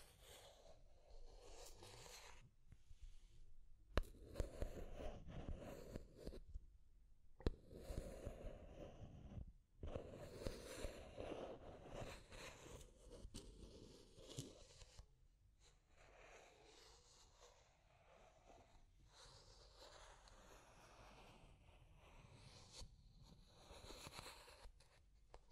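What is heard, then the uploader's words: Deep scratching in dense, rough bursts with brief pauses, heaviest in the first fifteen seconds, then thinner and quieter, with sharp clicks throughout. Deep Scratching. (No Talking).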